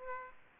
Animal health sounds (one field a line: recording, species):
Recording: mosquito wingbeat signal from an infrared sensor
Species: Aedes aegypti